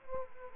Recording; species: mosquito wingbeat signal from an infrared sensor; Culex quinquefasciatus